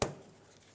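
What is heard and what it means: A fuel hose quick-connect fitting is pushed home onto the fuel tank line during a fuel pump replacement on a 2012-2020 Ford Focus. One loud, sharp hit at 0.0 s fades into a low decay, with a faint tick at 0.8 s. The fitting is seated.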